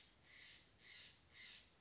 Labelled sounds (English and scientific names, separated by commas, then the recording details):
Steller's Jay (Cyanocitta stelleri)
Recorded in Sonoma County, California